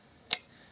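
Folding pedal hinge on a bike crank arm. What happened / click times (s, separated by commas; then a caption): The folding pedal latch released and the pedal folded down / 0.3 s. The folding pedal on a Zip N' Fold electric bike's crank arm has its latch pulled and is folded down at its hinge. A single sharp, bright click sounds at 0.3 s, then quiet follows. The pedal ends up released and folded down.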